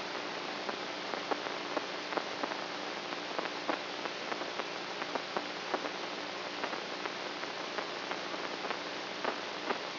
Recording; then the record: brain microelectrode recording played as sound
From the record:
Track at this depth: inside the subthalamic nucleus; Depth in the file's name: 3.002 mm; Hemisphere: right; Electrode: 3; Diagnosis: Parkinson's disease